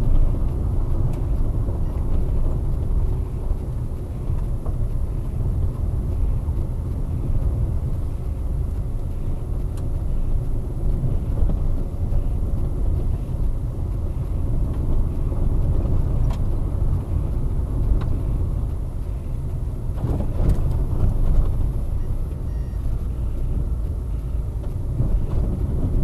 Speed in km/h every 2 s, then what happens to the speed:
22, 22, 22, 23, 25, 24, 22, 21, 18, 22, 24, 26, 27.
0-16 steady at about 22. 16-26 speeds up to 27.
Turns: none.